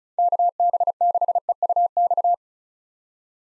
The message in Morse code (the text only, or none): KB6EUX